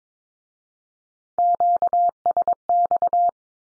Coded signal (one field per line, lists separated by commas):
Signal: Morse code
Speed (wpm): 22 wpm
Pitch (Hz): 700 Hz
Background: none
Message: QSX